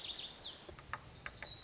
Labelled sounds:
Lazuli Bunting (Passerina amoena)
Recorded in Sonoma County, California

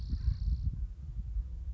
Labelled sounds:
Acorn Woodpecker (Melanerpes formicivorus)
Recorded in Sonoma County, California

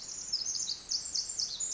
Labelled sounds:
Pacific Wren (Troglodytes pacificus)
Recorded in Sonoma County, California

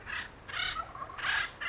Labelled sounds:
Acorn Woodpecker (Melanerpes formicivorus)
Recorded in Sonoma County, California

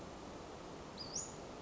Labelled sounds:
Western Flycatcher (Empidonax difficilis)
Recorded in Sonoma County, California

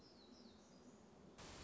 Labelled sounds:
Black-throated Gray Warbler (Setophaga nigrescens)
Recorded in Sonoma County, California

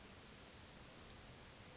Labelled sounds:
Western Flycatcher (Empidonax difficilis)
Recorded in Sonoma County, California

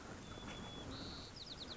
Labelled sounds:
White-crowned Sparrow (Zonotrichia leucophrys)
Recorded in Sonoma County, California

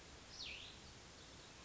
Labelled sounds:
Cassin's Vireo (Vireo cassinii)
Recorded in Sonoma County, California

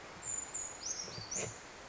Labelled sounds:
Brown Creeper (Certhia americana)
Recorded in Sonoma County, California

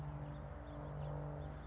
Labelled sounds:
California Towhee (Melozone crissalis)
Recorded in Sonoma County, California

